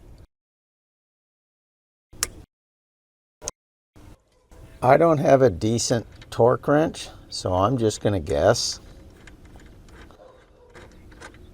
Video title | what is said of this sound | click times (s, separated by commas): How to Replace Idle Air Control Valve 2005 Ford Explorer Sport Trac | Whenever I push this in you're going to hear it click. | 2.2 s